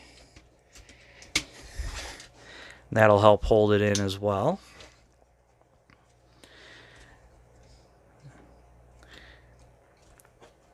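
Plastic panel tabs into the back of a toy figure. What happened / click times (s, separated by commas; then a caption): Plastic panel tabs snapped into place / 1.4 s. Plastic panels on a Transformers Legacy Haslab Victory Saber toy figure are closed and their tabs pressed into the back, giving a sharp, loud snap at 1.4 s. Someone then talks, and the tabs are seated, helping hold the part in.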